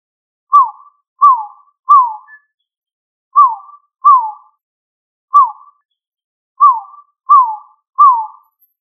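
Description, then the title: Pigeon calls: several short clear whistled notes slurring downward, given singly or in pairs and trios with gaps. "Familia Columbidae Pomba"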